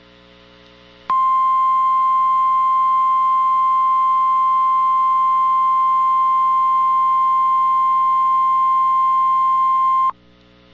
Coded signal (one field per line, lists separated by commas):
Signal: Emergency Alert System (SAME) tones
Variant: 1050 Hz attention tone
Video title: Required Weekly Test (EAS 1334)